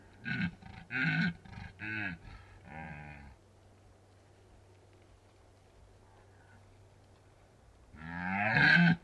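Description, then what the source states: Red deer stag roaring: a series of deep, harmonic, groaning bellows in quick succession, then a pause and another loud roar. Stags rutting in the Carpathian Mountains, Bucovina, Romania.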